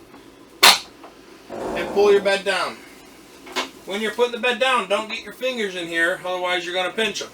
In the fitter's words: you just release your latches and